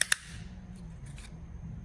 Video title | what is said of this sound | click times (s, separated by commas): How to Replace Corroded Battery Terminal on Explorer Taurus DA8Z14526A | clicks right in | 0.0 s, 0.1 s